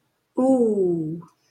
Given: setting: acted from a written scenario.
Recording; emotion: vocal sound without words; adoration